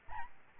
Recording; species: mosquito wingbeat signal from an infrared sensor; Aedes albopictus